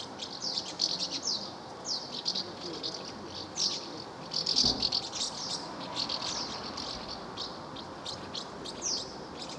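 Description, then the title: Swallows chirping and twittering continuously, high clipped notes in dense clusters, with a brief low thump partway through. Recorded at Villefranche-du-Périgord, France. "1 Rue Notre Dame, 24550 Villefranche-du-Périgord, France - Swallows - Hirondelles"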